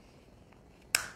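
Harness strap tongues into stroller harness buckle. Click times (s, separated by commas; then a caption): 1.0 s. The separate harness strap tongues are pushed back into the central plastic buckle of a compact stroller, with a faint tick at 0.5 seconds before the buckle latches shut with one sharp, loud click at 1.0 seconds. It is a nice, solid click, so the straps don't have to be held carefully in place.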